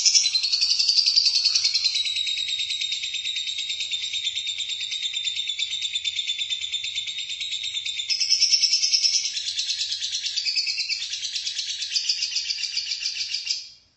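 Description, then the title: Lovebird song delivered as a sustained, fast, rasping chatter of high notes, with small shifts in pitch, running for about fourteen seconds before stopping abruptly. "BM Suara Burung Lovebird"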